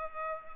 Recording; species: mosquito wingbeat signal from an infrared sensor; Culex pipiens